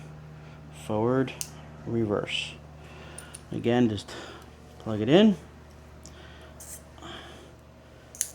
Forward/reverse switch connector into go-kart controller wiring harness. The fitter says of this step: wait for the click